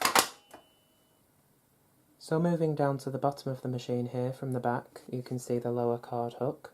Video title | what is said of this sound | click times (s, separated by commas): 1995 Dyson DC01 Dual Cyclone Upright Vacuum cleaner - Overview & Demonstration | and clicks into place. | 0.1 s, 0.2 s